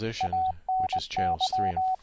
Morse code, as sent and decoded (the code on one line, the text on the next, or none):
.- -. -.--
ANY